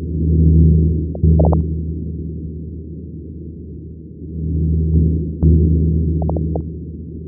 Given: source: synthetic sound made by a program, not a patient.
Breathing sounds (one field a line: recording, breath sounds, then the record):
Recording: synthetic breath sounds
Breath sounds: crackles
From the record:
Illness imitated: interstitial lung disease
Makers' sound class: crackles